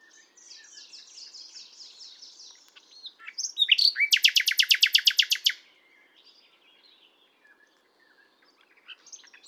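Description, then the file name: Common nightingale song: soft repeated notes, then a loud, fast, evenly pulsed rattle of many strokes, followed by quiet, scattered phrases. "Luscinia megarhynchos"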